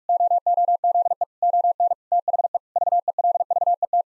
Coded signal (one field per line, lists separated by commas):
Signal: Morse code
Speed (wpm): 46 wpm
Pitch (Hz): 700 Hz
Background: none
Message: OOZE ON THE VELVET